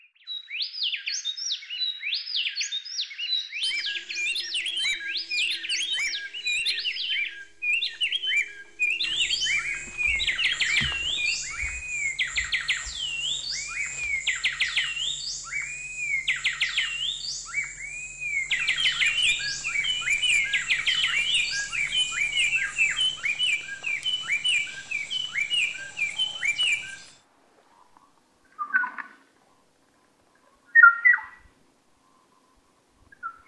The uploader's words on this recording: Sound Break: Antiphonal Duets. An ornithic call and response.